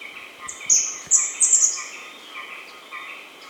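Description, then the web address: Roraiman flycatcher song of a few very high notes in short bursts over fainter, steady lower chirping. Andean bird of South America. "Natures Songs S America Andean Birds. Roraiman Flycatcher (Myiophobus Roraimae)"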